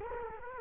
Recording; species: mosquito wingbeat signal from an infrared sensor; Culex quinquefasciatus